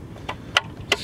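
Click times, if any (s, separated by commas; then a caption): 0.6 s, 0.9 s. The bottom (reverse) bulb socket is pushed into the plastic tail light assembly housing of a Chevrolet Blazer and twisted. After a softer tap at 0.3 s, two sharp plastic clicks at 0.6 s and 0.9 s mark the socket locking into place, seated.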